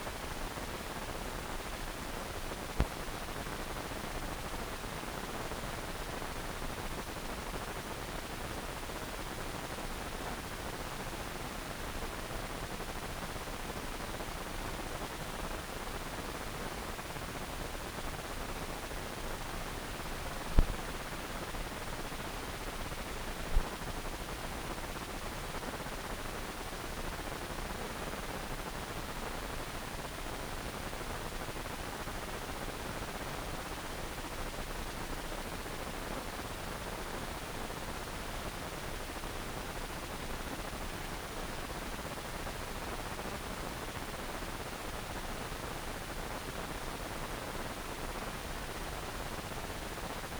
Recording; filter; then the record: brain microelectrode recording played as sound; wide band, above 20 Hz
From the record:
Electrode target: subthalamic nucleus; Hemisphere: right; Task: reaching with the left hand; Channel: 1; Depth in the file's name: 1.506 mm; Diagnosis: Parkinson's disease